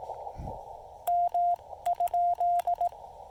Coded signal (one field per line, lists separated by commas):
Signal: Morse code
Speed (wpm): 18 wpm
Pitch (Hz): 700 Hz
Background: radio noise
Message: M ?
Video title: A QRP CW activation of Pilot Mountain State Park w/the Yaesu FT-817ND, Elecraft T1, and some wire!